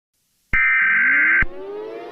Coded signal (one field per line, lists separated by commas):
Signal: Emergency Alert System (SAME) tones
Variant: header bursts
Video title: EAS Scenario 16: Among us